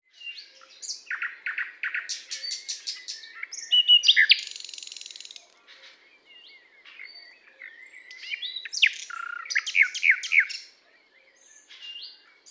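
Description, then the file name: Common nightingale song with quick bursts of repeated chips, a harsh buzzy trill in the middle and a rich chattering phrase later, separated by brief quiet gaps. "Luscinia megarhynchos"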